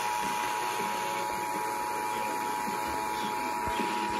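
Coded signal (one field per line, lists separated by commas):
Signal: Emergency Alert System (SAME) tones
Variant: 853 and 960 Hz attention tone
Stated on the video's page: Connecticut Required Monthly EAS Test captured from multiple FM radio and TV stations.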